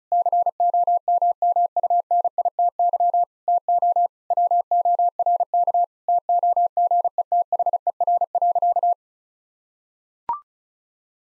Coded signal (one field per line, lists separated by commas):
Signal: Morse code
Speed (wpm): 36 wpm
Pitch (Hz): 700 Hz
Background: none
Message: COMMUNITY TO WORK TOGETHER.